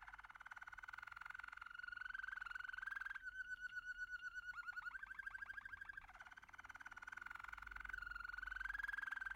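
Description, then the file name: American canary song: unbroken fast rolled trills that alternate between smooth and choppy pulsing, gently rising and falling in pitch. "canto do canario americano"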